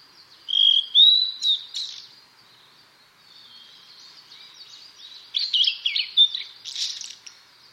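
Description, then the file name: Blue-and-white flycatcher song with clear whistled opening notes, a lull of faint twitters, then a burst of quick varied notes. "ooruri"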